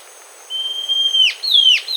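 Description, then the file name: Bird giving a long, level high whistle that drops sharply at its end, then a shorter, slightly falling whistle ending the same way, and the start of a third. "SABIOD bird"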